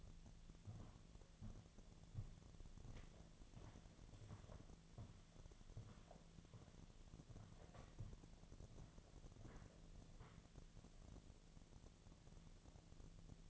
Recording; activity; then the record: daily activity, microphone in the room; walk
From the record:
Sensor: 4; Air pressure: 1009.1 hPa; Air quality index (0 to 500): 168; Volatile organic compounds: 4 ppm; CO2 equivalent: 1690 ppm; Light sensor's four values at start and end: 24/76/29/28 and 25/76/29/28